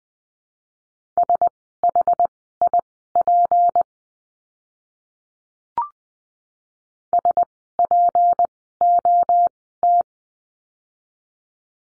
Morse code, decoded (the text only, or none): SHIP SPOT